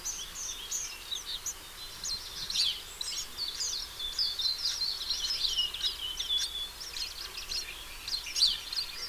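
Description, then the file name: House sparrow chirping calls, loose chatter of chirps and brief twittering notes, uneven in loudness, with faint background hiss. "Passer domesticus"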